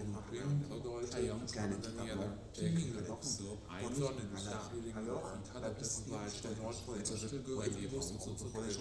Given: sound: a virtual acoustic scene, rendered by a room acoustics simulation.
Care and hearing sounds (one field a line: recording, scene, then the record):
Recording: noise of the scene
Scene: underground station, no trains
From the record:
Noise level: 70 dB SPL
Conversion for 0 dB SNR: 0.7 dB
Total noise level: 70.7 dB SPL